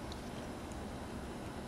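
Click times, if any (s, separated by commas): none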